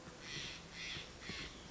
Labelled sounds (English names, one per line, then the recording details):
Steller's Jay
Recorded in Sonoma County, California